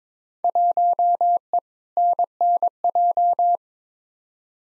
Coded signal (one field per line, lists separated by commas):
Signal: Morse code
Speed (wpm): 22 wpm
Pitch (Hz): 700 Hz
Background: none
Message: 1E NNJ